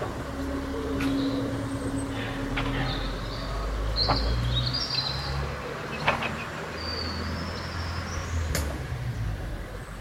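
Local birds whistle and chirp in short, thin phrases around the middle and again near the end, over a steady low rumble like an idling engine. A few sharp clicks or snaps break through at irregular moments.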